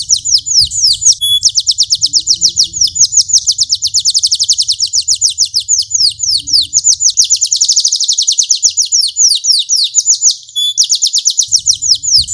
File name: audio kenari standar besar lemonthy jeda 2 menit